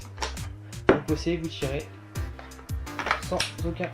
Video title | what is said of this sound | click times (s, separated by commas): [Airsoft Review] Masada AKM MAGPUL PTS [FR] | vous entendrez un clic. Le chargeur est engagé. | 0.9 s